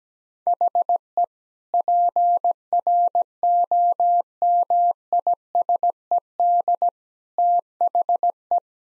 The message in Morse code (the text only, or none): HE PROMISED THE